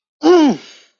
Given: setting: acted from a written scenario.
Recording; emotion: vocal sound without words; elation